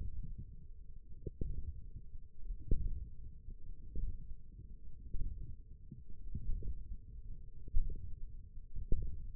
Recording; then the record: forearm muscle sounds (acoustic myography)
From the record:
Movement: wrist flexion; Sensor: system 1, eight BSWA MPA416 microphones around the upper forearm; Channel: 2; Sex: male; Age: 20 years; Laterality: left